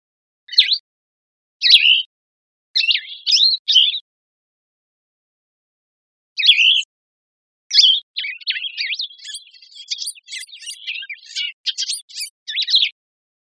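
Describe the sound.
Bird giving short high chirping phrases separated by pauses, then a long continuous stretch of rapid varied twittering notes.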